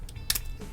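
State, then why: Released. A ball joint on a plastic S.H. Figuarts Twokaiser action figure pops out of its socket with a sharp snap at 0.3 s while the figure's articulation is being tested, followed by a smaller snap just after. The limb came out of the joint rather than breaking.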